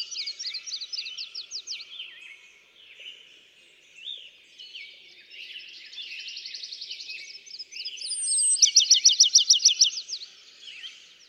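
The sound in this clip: Bachman's sparrow: a thin descending whistle and then a loud rapid trill, set against steady chirping and twittering of other birds throughout.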